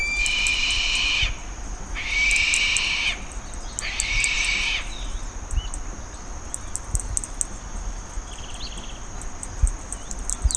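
Bird giving three harsh, hissing screeches, each about a second long and two seconds apart, followed by faint high chirps in the background.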